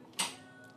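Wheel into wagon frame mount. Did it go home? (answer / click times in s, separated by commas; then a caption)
yes / 0.2 s. A detachable wheel of a Coleman Wagon MAX folding camping wagon is inserted into its matching number-4 mount on the steel frame and pressed in. A single sharp click sounds at 0.2 s, then fades over a low background. The wheel is seated in its mount.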